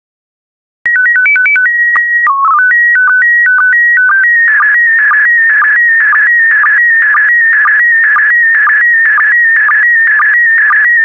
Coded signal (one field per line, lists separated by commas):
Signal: SSTV (slow-scan television)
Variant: PD 120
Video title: 163075 Nesting Birds SSTV PD120